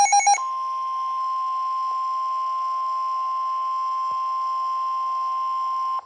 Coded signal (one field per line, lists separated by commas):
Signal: Emergency Alert System (SAME) tones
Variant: 1050 Hz attention tone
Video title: Severe thunderstorm warning (EAS #229) (Radios: Midland HH54VP, ER310) 3-16-23 at 6:59PM